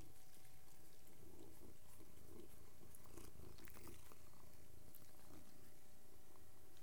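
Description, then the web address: Cat purring, a steady low rumble under soft clicking and chewing-like ticks throughout. Three domestic cats purring while eating. "The BBC Sound Effects Library. 3 cats eating and purring"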